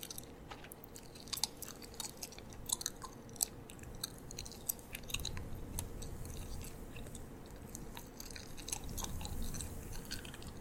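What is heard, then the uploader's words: Gum being chewed in a steady, wet rhythm, with frequent sharp clicks and smacks scattered through the whole clip. A low, muffled churning sits underneath, growing somewhat fuller and louder after about five seconds, while the bright snapping sounds keep coming at an irregular pace. ASMR Gum Chewing.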